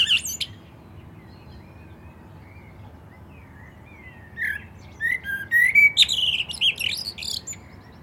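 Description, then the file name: Common blackbird: a brief high note at the start, several quiet seconds, then a mellow whistled phrase closing with high twittery squeaks. "Turdus merula"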